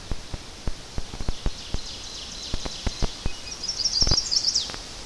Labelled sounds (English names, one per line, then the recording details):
Ovenbird song
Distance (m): 80 m
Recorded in boreal forest in Alberta, Canada, on 10 June 2016 at 07:43
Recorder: SongMeter 3, array SBT-3-39
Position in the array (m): 325 m, 145 m
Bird 19